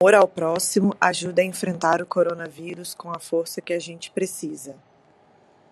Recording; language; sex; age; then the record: spoken sentence; Brazilian Portuguese; female; 30 to 39 years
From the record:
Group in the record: control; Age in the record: 34 years